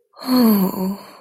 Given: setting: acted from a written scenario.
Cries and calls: vocal sound without words; relief

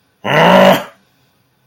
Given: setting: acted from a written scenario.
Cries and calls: vocal sound without words; anger

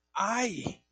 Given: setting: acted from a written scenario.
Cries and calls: vocal sound without words; pain

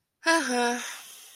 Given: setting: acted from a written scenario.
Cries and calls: vocal sound without words; neutral

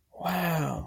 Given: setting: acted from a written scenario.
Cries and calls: vocal sound without words; positive surprise

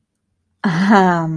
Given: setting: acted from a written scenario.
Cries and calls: vocal sound without words; guilt

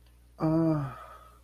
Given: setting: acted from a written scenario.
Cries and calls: vocal sound without words; desire

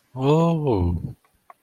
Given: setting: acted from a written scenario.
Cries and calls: vocal sound without words; interest

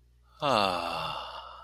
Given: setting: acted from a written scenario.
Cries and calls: vocal sound without words; serenity

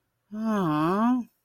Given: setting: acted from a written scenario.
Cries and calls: vocal sound without words; sympathy

